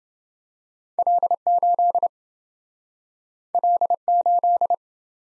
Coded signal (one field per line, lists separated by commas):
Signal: Morse code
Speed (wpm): 27 wpm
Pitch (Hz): 700 Hz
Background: none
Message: L8 L8